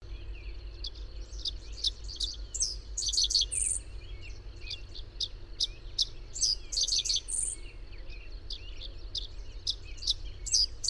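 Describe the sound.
Bird chirps and high twittering notes repeated irregularly throughout, several sharp high calls, over a steady low rumble of background noise.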